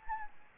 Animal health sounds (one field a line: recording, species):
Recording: mosquito wingbeat signal from an infrared sensor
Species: Anopheles gambiae